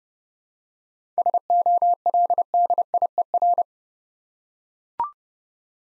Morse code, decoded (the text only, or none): SOLDIER